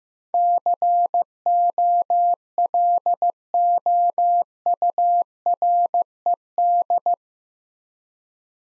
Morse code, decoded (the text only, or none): COLOURED